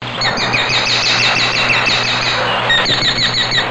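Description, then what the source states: Sharp-shinned hawk calling in a rapid, steady series of sharp, high kek notes, about three per second, over a low constant hum. Recorded in northwestern California.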